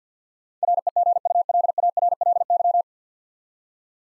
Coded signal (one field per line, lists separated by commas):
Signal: Morse code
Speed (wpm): 50 wpm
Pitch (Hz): 700 Hz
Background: none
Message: REGULARLY